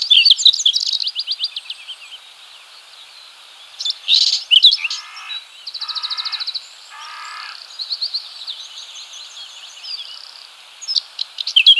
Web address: whinchat song